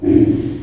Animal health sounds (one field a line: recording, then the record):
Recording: squeal of a Yucatan mini pig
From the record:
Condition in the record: before surgery on the right vocal fold (resection and tissue-engineered implant)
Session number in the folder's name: 2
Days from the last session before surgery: -15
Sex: female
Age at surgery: 19 weeks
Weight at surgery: 25 kg